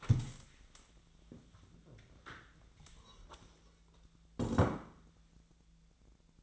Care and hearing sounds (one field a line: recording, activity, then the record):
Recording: daily activity, microphone in the room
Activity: stand up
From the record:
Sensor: 3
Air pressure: 1000.4 hPa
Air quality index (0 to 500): 171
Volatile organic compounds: 3 ppm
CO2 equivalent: 1485 ppm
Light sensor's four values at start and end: 14/33/14/15 and 14/33/14/15